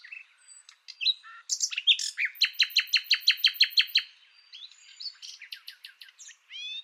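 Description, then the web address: Bird calls: varied high chirps, then a fast run of about a dozen sharp down-slurred notes, followed by scattered twittering and a short rising whistle at the end. "Deverinetal 2025 File origin Bird Only"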